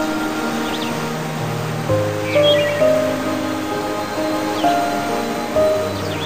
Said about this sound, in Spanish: Escucha el caer del agua de la cascada y cómo fluye libremente por el arroyuelo.